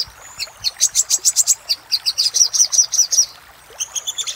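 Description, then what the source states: Little spiderhunter: thin whistle, then a steady series of high chip notes, a short pause, and more chips. Master recording for training cage birds.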